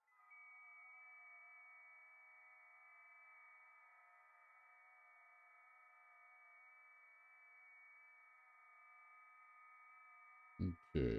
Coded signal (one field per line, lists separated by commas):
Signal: FT8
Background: speech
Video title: Come have some fun while i try making contacts on Amateur Radio FT8 &FT4